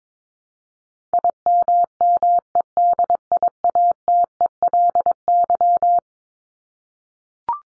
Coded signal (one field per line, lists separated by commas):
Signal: Morse code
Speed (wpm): 22 wpm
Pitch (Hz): 700 Hz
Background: none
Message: IMMEDIATELY